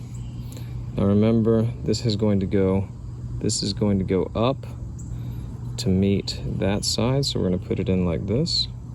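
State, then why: Not seated. An internal part is being fitted into the metal and plastic housing of an idle air control valve from the throttle body of a 1996 Toyota T100 truck during reassembly. Someone talks over a low steady hum, with a few faint handling sounds. Nothing has seated or clicked yet; the part is not yet home.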